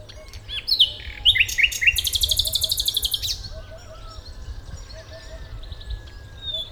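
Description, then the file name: Common nightingale song: a few sharp whistled notes, then a fast loud series of buzzy pulsed notes lasting over a second, trailing into quieter twitters. "Luscinia megarhynchos"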